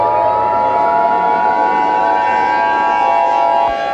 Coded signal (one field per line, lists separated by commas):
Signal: Emergency Alert System (SAME) tones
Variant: 853 and 960 Hz attention tone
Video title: EAS Mock: Jupiter Collision Revamped.